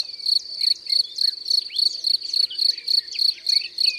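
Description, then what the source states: Field cricket chorus: steady, high, bell-like trills pulsing rhythmically. Dozens of field crickets stridulating in grass in sun, each singing at its burrow entrance to attract a female, falling silent at danger; wood edge facing a meadow; 3 June, 9 am.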